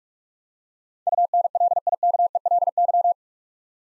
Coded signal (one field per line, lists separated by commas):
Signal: Morse code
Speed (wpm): 47 wpm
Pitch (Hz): 700 Hz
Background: none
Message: UNLIKELY